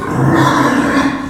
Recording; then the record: squeal of a Yucatan mini pig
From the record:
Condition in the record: after surgery on the right vocal fold (resection and tissue-engineered implant); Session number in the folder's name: 4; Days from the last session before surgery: 26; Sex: female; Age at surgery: 19 weeks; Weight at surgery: 25 kg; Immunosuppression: prednisolone